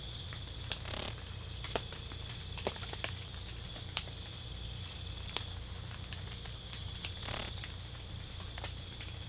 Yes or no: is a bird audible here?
no